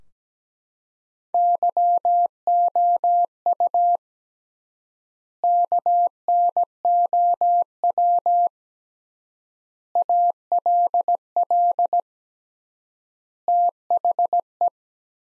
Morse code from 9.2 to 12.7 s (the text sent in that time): ALL